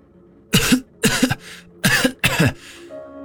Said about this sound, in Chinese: 江瑶捂着胸口，脸色苍白地咳嗽着